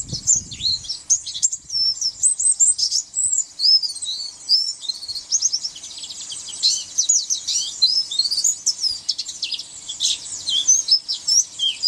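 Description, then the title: White-eye giving a sustained, breathless warble of high twitters and thin slurred chirps, with a brief low thump at the very start. "Pleci"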